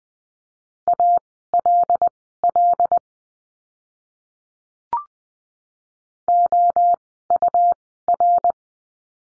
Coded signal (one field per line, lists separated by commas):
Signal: Morse code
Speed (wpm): 20 wpm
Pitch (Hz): 700 Hz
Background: none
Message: ALL OUR